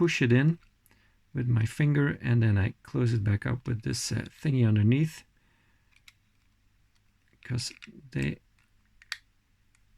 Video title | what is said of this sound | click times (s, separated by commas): Chase Report week 31-35 2023 : Matchbox, Maisto, Majorette & Hot Wheels with a little bit story time | hear the click they click in very nicely and if you try to open it with this | 9.0 s, 9.1 s